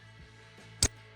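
A wedge bulb is gripped and pulled outward from the tail light socket of a 2012-2017 Toyota Camry, rear turn signal. Against a low steady hum, a single sharp pop at 0.8 s marks the bulb coming free of the socket. The bulb is out and is judged good.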